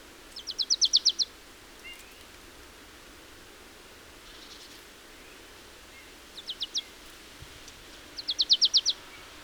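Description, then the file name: Marsh tit delivering short bursts of quick, high chipping notes, one brief run, a pause, then two further trills over a soft, steady background hiss. "Poecile palustris"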